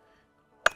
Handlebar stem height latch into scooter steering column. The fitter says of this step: monte on attend les petits clics j'sais pas si vous l'avez entendu le répète voilà